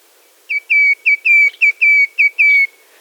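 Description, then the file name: Black-crested titmouse whistling a rapid run of eight downslurred notes, short and long in alternation, delivered evenly over roughly two seconds against a quiet background. "baeolophus atricristatus"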